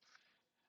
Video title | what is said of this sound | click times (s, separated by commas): Chuck's Reviews Transformers Legacy Evolution War Dawn 2 Pack | still very tight and you can actually they snap into place | 0.2 s